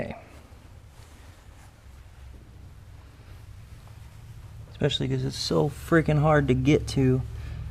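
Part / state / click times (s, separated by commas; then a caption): spark plug wire boot onto engine spark plug / not seated / none. A spark plug wire boot is being handled onto a hard-to-reach spark plug of a Porsche 944 LS swap engine, fitted with Motion Raceworks valve covers. Through about the first 4.7 seconds there is only a low steady hum with faint rustles, then someone talks from about 4.8 seconds to the end. Nothing has seated or clicked yet; the boot is not yet home when the clip ends.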